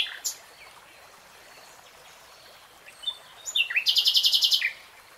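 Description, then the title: Nightingale song: a few sharp high notes, then a fast, even trill of bright repeated notes lasting about a second, over a steady hiss of background noise. Real-time recording, not slowed. "[Tiếng chim hót] Nightingale Singing"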